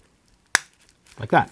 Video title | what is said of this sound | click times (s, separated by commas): Sega Nomad LCD Screen Replacement. (TFT, Not IPS) | your 3d printer is calibrated correctly all this should snap into place like | 0.5 s